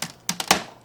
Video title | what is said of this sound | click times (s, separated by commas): LEGO Friends 2025 Family Holiday Beach Resort 42673 Build Part 6 & Tour | I'm just going to push right here till it snaps in place. | 0.3 s, 0.5 s